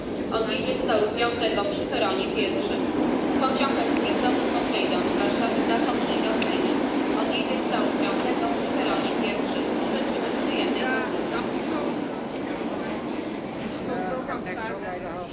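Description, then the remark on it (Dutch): A train arriving in Warsaw, Poland, at quarter to six in the morning gives off a steady, unbroken rumble and rushing noise for the whole stretch, with faint indistinct voices murmuring underneath. “Aankomst in Warschau na een vermoeiende treinreis met 3 keer overstappen.”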